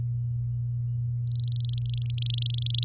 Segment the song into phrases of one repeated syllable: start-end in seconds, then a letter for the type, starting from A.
1.27-2.85 A